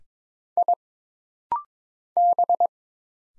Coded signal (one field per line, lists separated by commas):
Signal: Morse code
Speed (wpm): 22 wpm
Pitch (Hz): 700 Hz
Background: none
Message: I B